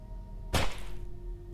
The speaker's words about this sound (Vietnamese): Cứ hết lần này đến lần khác, cầm cục gạch, đập túi bụi vào đầu của bà Tư.